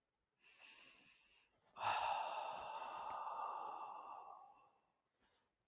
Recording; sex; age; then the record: vowel held as long as possible; male; 40 to 49 years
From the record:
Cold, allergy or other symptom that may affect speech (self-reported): no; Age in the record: 44 years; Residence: Maryland, United States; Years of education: 16